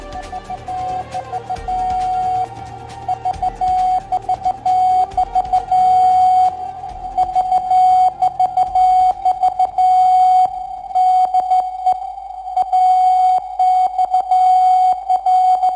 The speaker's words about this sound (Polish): To AXL w alfabecie Morsa. Sygnał wywoławczy Transatlantyckiej Centrali Radiotelegraficznej w Babicach koło Warszawy.